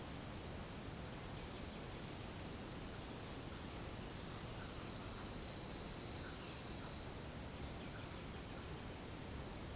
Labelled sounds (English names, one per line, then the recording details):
none
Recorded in secondary vegetation near Puerto Asís, Putumayo, Colombia, on 21 March 2025 at 08:30
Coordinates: 0.488, -76.319
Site G095